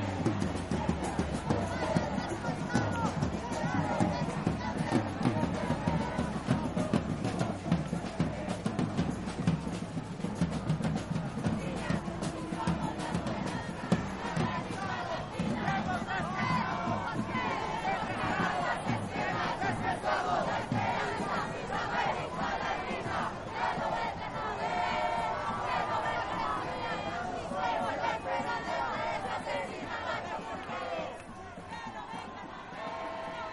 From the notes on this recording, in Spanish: Paisaje sonoro de la manifestación del 20 de noviembre por los 43 de Ayotzinapa